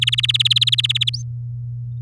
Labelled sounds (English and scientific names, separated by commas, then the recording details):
Domestic Canary (Serinus canaria) song
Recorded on 9 May 2018 at 06:20
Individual llb16